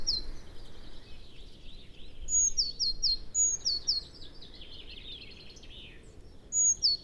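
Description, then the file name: Eurasian blue tit giving thin, high, slightly falling notes, mostly in short clusters, spaced irregularly, with faint scratchy sounds behind. "Cyanistes caeruleus"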